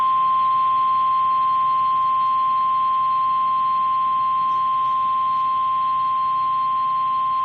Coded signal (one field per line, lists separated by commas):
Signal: Emergency Alert System (SAME) tones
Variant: 1050 Hz attention tone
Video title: EAS #795-805: NWR and EAS 8 Severe Thunderstorm Warnings and 1 Flash Flood Warning- May 21, 2023